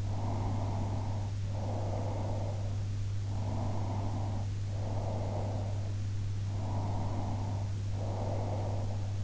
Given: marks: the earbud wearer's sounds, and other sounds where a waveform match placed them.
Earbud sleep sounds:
sounds in sleep by an in-ear microphone; breath
0.23-2.86 s: breath
3.36-5.95 s: breath
6.53-9.24 s: breath

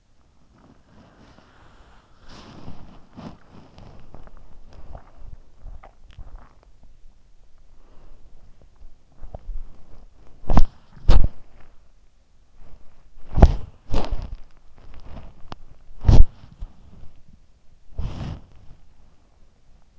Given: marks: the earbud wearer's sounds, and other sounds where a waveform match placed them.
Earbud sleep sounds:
sounds in sleep by an in-ear microphone; body movement
0.00-19.99 s: body movement

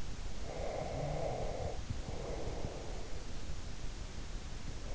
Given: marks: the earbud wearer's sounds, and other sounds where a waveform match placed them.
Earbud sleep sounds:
sounds in sleep by an in-ear microphone; breath
0.41-3.18 s: breath

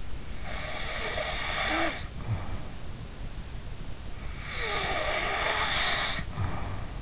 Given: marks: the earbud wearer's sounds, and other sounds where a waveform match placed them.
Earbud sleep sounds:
sounds in sleep by an in-ear microphone; snoring breath
0.37-2.91 s: snoring breath
4.36-7.02 s: snoring breath

